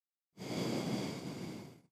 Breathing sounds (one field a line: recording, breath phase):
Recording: one breath near a microphone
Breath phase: exhalation